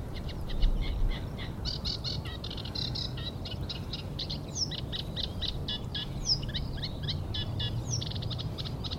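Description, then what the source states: Eurasian reed warbler song: after a quieter start, steady chattering phrases of repeated scratchy notes with a jerky rhythm, over a constant low rumble of wind. Spring arrival in rough weather; reed warbler is the foreground singer, with a repeated rhythm and a bit more tune than a sedge warbler.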